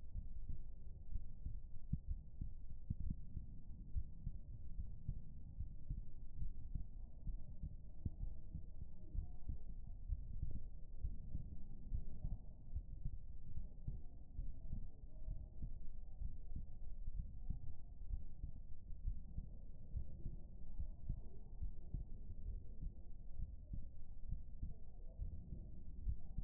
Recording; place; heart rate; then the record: heart sounds by stethoscope; pulmonary valve (PV); 64 bpm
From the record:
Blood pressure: 113/62 mmHg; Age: 38 years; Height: 160 cm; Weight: 56 kg